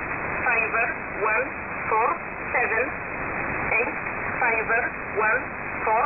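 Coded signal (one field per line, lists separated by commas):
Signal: numbers station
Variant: E11 Oblique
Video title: E11 "Oblique" Number Station 4505 kHz USB 15:33UTC 30-OCT-2022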